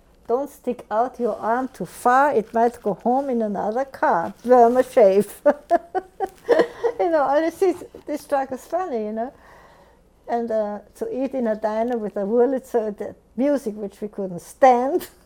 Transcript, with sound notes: "Don't stick out your arm too far. It might go home in another car. Burma Shave." ( she laughs ) You know, all of this, to our understanding, you know? And, uh, to eat in a diner with a Wurlitzer, that music, which we couldn't stand.